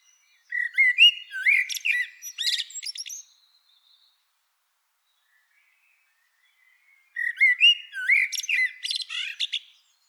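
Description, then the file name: Eurasian blackbird song: two warbling phrases of low flutey notes, each closed by a high scratchy twitter, about four seconds apart. "Turdus merula"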